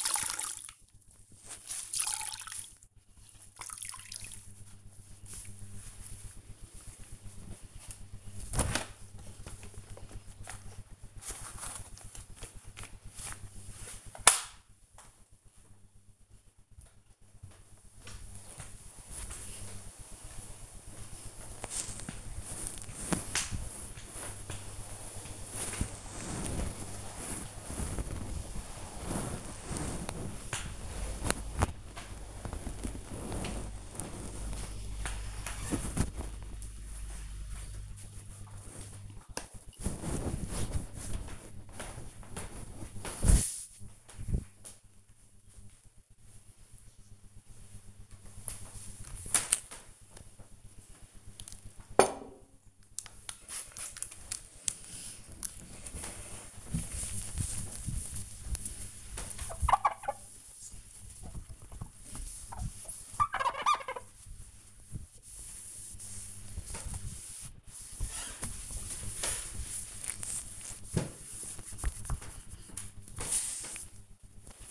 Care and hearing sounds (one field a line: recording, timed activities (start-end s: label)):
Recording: household activities, microphone on the right wrist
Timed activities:
0.00-36.12 s: floor cleaning
47.19-74.70 s: window cleaning